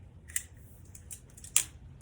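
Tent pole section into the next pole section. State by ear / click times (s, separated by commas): seated / 0.4 s, 1.6 s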